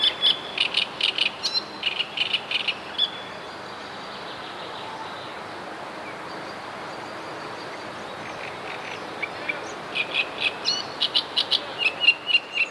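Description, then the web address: Great reed warbler singing in two bouts of grating, repeated chattering notes, separated by several seconds of quiet background hiss. "wroblowe kolekcja trzciniak"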